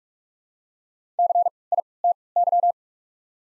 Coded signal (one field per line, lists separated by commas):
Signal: Morse code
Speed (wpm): 48 wpm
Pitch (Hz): 700 Hz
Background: none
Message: C I T Y